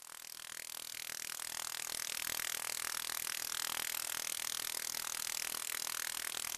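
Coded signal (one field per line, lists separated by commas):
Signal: radar signal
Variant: 29B6 Container OTH radar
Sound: steady harsh rasping buzz, rapid regular pulses about fifty per second, rising slightly in level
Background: radio static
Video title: Russian 29B6 Container radar in ham 15 meter band, 21311 kHz, 04 November, 2024, 1500 UTC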